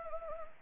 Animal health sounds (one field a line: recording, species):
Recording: mosquito wingbeat signal from an infrared sensor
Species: Anopheles arabiensis